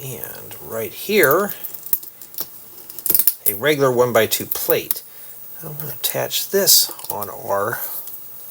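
A plastic brick plate with a bar (stick) is handled before being pressed into plates with clip holders to form a hinged door, while someone talks. Light plastic clicks and rattles can be heard around 1.9, 2.4 and 3.1–3.3 seconds. The part has not snapped into the clip holders yet; nothing has seated.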